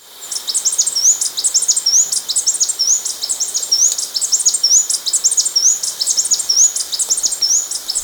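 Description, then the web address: Blue-backed conebill twittering: a fast, continuous run of very high thin chips with repeated short slurred notes roughly every second. Ecuador. "Natures Songs S America Birds of Ecuador. Blue-Backed Conebill"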